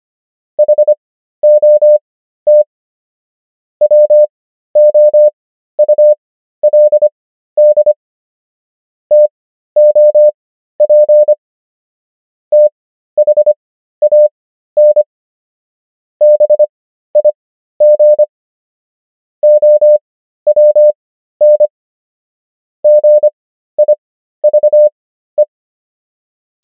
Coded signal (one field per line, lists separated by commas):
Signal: Morse code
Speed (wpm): 25 wpm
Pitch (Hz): 600 Hz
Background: none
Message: HOT WOULD TOP THAN BIG OWN GIVE